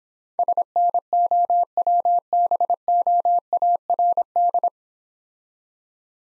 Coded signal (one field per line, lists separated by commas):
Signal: Morse code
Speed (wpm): 26 wpm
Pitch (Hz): 700 Hz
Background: none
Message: SNOWBOARD